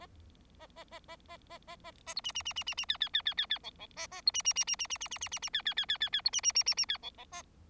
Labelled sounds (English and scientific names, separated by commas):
Bengalese Finch (Lonchura striata domestica) song